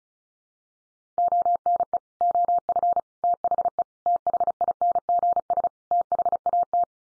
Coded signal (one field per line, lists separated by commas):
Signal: Morse code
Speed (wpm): 34 wpm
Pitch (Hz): 700 Hz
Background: none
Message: ONE OF THE THINGS THAT